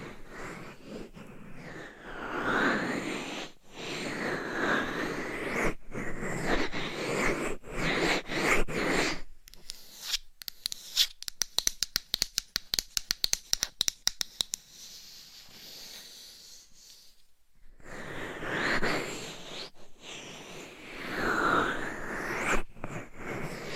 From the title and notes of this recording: Scratching , Tapping & Massage with DIFFERENT Mics , Items & Nails.